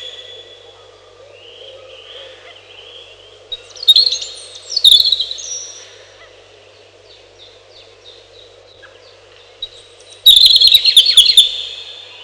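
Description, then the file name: European robin singing soft, thin warbling phrases that break into three loud bursts of fast, jangling high notes; a constant low droning hum underneath. "малиновка"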